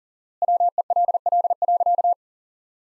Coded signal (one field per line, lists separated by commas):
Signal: Morse code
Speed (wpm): 40 wpm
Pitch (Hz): 700 Hz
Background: none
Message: WELL.